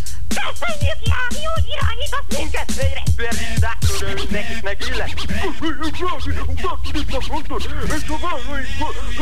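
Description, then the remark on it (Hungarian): DJ turntable scratching laid under the chorus of a live performance: fast, rhythmic back-and-forth pitch sweeps over punchy beats, loud and continuous for several seconds, with chopped voice-like sounds woven through the mix. “nyomj alá a ízét, a scratch-et, jó?”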